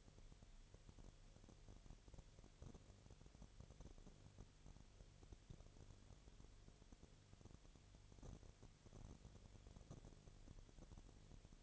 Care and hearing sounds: daily activity, microphone in the room; no activity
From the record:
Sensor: 4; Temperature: 22.4 degrees Celsius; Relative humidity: 31.0%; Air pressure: 1004.1 hPa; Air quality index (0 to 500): 85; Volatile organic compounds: 1 ppm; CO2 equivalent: 769 ppm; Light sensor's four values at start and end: 2/3/1/1 and 2/3/1/1

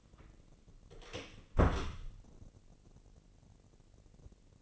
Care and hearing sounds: daily activity, microphone in the room; close door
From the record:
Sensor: 4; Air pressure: 1013.2 hPa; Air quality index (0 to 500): 178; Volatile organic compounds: 2 ppm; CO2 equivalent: 1120 ppm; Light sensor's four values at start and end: 104/261/108/115 and 77/186/79/80

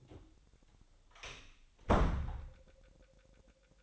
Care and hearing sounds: daily activity, microphone in the room; close door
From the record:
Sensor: 3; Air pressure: 1007.1 hPa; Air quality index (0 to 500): 202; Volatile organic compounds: 17 ppm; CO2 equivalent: 2592 ppm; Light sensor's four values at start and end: 12/28/12/12 and 12/28/12/12

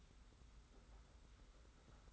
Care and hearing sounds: daily activity, microphone in the room; take from stove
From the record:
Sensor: 3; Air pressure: 991.1 hPa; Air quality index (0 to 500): 102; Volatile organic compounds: 36 ppm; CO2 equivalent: 3075 ppm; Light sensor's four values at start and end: 45/124/51/44 and 45/124/51/44

